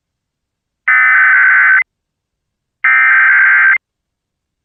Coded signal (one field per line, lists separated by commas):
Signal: Emergency Alert System (SAME) tones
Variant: header bursts